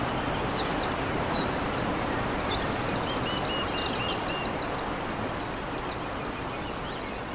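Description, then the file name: Eurasian wren song of rapid high twitters and a short rattling trill, partly buried in loud rushing water noise. Recorded by a stream on 21 April 2015 using an MZ-N 710 recorder. "MZ-N 710 Troglodyte mignon ruisseau 21 04 15"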